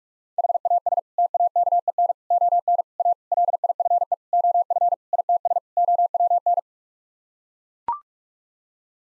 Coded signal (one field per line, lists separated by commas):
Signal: Morse code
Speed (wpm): 41 wpm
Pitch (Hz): 700 Hz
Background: none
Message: HAS TAKEN ON A LIFE OF ITS OWN